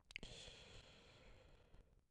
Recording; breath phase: one breath near a microphone; inhalation